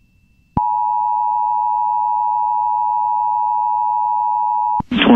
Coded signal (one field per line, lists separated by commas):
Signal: Emergency Alert System (SAME) tones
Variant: 853 and 960 Hz attention tone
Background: speech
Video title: EAS Tornado Emergency and Tornado Warning Compilation for Tornado Outbreak of Mar 31-Apr 1 3-31-2023